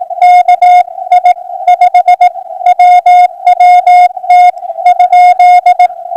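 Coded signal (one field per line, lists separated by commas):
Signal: Morse code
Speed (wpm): 18 wpm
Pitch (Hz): 720 Hz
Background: radio noise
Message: KI5WWT ?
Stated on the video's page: Morse heard while hunting Parks on the Air stations.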